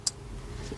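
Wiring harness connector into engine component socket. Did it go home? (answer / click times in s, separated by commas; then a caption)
yes / 0.1 s. A plastic wiring harness connector on a 2007-2017 Lexus LS460 is pushed into an engine component socket during a starter replacement until it snaps. A single sharp, bright click comes at 0.07 s over a low, steady background rumble, and the connector is seated.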